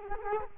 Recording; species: mosquito wingbeat signal from an infrared sensor; Culex quinquefasciatus